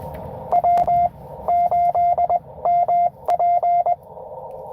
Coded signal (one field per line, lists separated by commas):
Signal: Morse code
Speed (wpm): 21 wpm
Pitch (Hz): 700 Hz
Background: none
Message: W8MP